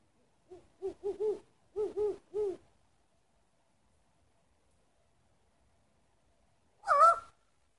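Owl giving a quick series of short soft hoots in small clusters, then a long pause before one louder, harsher wavering call.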